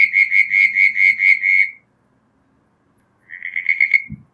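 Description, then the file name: Southern brown tree frog producing a long run of quick pulsed notes, a silent gap, then a shorter pulsed series followed by a brief low thump. "Litoria ewingii"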